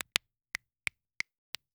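Six sharp, crisp pops and snaps at uneven intervals from flexing the fingers: single finger-joint cracks of varying kinds, a harmless joint crepitus in an adult.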